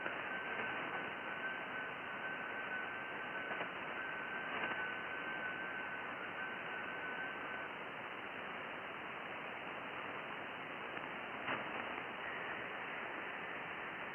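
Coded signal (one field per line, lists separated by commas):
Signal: FT8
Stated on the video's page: Calling CQ on 14.230.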